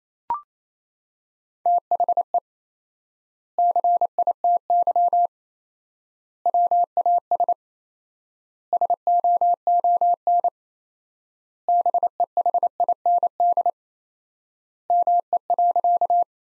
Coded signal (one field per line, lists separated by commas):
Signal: Morse code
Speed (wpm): 28 wpm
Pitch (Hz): 700 Hz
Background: none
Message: THE CITY WAS SOON BEHIND ME.